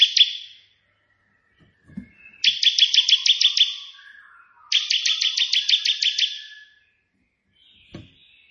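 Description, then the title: Prinia song: two long trains of fast, evenly repeated buzzy notes, each nearly two seconds, with a faint knock near the end. Three song variations of a white prenjak, intended as tutoring material for pet prenjak birds. "Prenjak 3 VARIASI TEMBAKAN prenjak putih ini COCOK untuk masteran prenjak anda"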